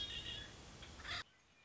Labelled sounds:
Red-winged Blackbird
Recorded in Sonoma County, California

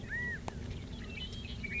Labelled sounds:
California Quail
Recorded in Sonoma County, California

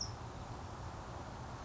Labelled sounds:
California Towhee
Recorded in Sonoma County, California

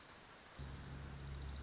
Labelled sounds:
Pacific Wren
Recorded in Sonoma County, California

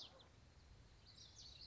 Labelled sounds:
Common Yellowthroat
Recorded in Sonoma County, California

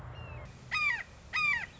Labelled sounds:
Red-shouldered Hawk
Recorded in Sonoma County, California

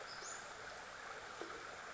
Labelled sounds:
Western Flycatcher
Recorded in Sonoma County, California

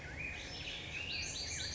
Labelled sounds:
Black-headed Grosbeak
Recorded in Sonoma County, California

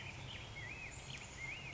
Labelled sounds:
Black-headed Grosbeak
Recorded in Sonoma County, California

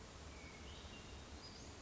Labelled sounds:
Western Flycatcher
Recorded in Sonoma County, California

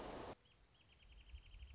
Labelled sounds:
Wrentit
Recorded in Sonoma County, California

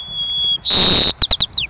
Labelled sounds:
White-crowned Sparrow
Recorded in Sonoma County, California

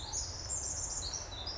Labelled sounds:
Pacific Wren
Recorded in Sonoma County, California

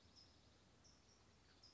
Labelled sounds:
California Towhee
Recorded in Sonoma County, California

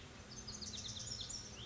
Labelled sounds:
Lazuli Bunting
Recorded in Sonoma County, California

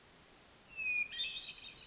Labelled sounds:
Hermit Thrush
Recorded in Sonoma County, California

